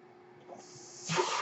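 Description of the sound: A faint steady hiss gives way to a louder, airy rush of flow about a second in, like a breath pushed by a machine. It is the background sound of a home mechanical ventilator delivering a breath.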